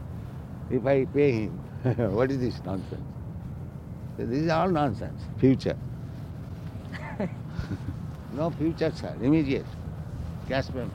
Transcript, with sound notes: if I pay him. What is this nonsense? This is all nonsense. "Future." [devotees laugh] No future, sir. Immediate. Cash payment.